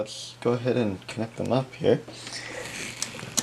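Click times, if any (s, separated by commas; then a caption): 3.4 s. Someone talks, then pushes the detachable cable's small round multi-pin connector into the left earcup socket of an electrostatic headphone. A few faint taps and handling noises follow. A sharp click at 3.4 s shows the connector has seated.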